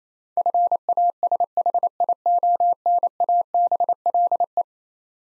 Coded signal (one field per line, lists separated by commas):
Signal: Morse code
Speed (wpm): 27 wpm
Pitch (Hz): 700 Hz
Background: none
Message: FASHIONABLE